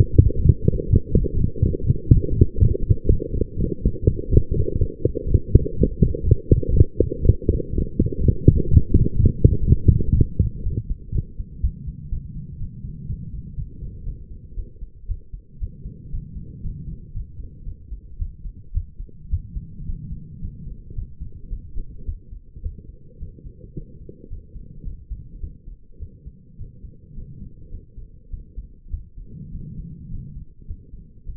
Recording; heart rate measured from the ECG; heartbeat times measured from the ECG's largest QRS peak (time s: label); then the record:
heart sounds by stethoscope; 116 bpm
0.25 s: heartbeat
0.73 s: heartbeat
1.20 s: heartbeat
1.67 s: heartbeat
2.14 s: heartbeat
2.62 s: heartbeat
3.09 s: heartbeat
3.55 s: heartbeat
4.02 s: heartbeat
4.49 s: heartbeat
4.96 s: heartbeat
5.43 s: heartbeat
5.90 s: heartbeat
6.38 s: heartbeat
6.85 s: heartbeat
7.32 s: heartbeat
7.79 s: heartbeat
8.27 s: heartbeat
8.75 s: heartbeat
9.22 s: heartbeat
9.70 s: heartbeat
10.17 s: heartbeat
10.65 s: heartbeat
11.14 s: heartbeat
11.63 s: heartbeat
12.11 s: heartbeat
12.60 s: heartbeat
13.08 s: heartbeat
13.57 s: heartbeat
14.06 s: heartbeat
14.56 s: heartbeat
15.08 s: heartbeat
15.60 s: heartbeat
16.12 s: heartbeat
16.63 s: heartbeat
17.14 s: heartbeat
17.66 s: heartbeat
18.19 s: heartbeat
18.74 s: heartbeat
19.31 s: heartbeat
19.87 s: heartbeat
20.42 s: heartbeat
20.96 s: heartbeat
21.50 s: heartbeat
22.06 s: heartbeat
22.63 s: heartbeat
23.20 s: heartbeat
23.76 s: heartbeat
24.30 s: heartbeat
24.85 s: heartbeat
25.41 s: heartbeat
26.00 s: heartbeat
26.58 s: heartbeat
27.16 s: heartbeat
27.71 s: heartbeat
28.31 s: heartbeat
28.91 s: heartbeat
29.52 s: heartbeat
30.11 s: heartbeat
30.67 s: heartbeat
31.26 s: heartbeat
From the record:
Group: healthy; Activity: light exercise 0-11 s, rest 11-31 s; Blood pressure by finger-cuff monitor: 129/78 mmHg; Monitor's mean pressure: 92 mmHg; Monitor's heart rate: 118 bpm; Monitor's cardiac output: 9.1 L/min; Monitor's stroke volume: 77 mL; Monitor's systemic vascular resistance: 770 dyn s/cm5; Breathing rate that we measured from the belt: 17 breaths a minute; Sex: female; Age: 22 years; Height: 163 cm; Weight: 67.1 kg